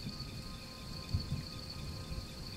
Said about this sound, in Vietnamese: Màn đêm buông xuống, không gian trở nên tĩnh lặng. Tiếng ve sầu, tiếng ếch kêu, tiếng sột soạt của lá cây tạo thành một bản nhạc êm dịu cho màn đêm.